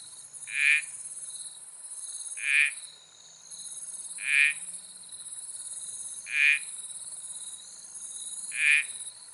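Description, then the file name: Smooth toadlet calls: short, sharp creaking notes repeated about every two seconds, five in all, over a constant high-pitched insect whine. "uperoleia laevigata"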